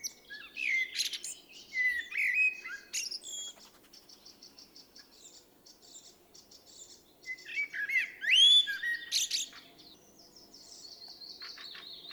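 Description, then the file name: Common blackbird singing mellow warbled phrases with sharp high twittered endings, with a quieter stretch of rapid high ticking between phrases. "Turdus merula"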